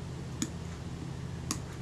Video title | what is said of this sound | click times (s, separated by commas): Kodak Retina I type 119 camera and Compur Rapid shutter part 01 | there i'm just wriggling that i can feel them click into place as they drop into position | 0.4 s, 1.5 s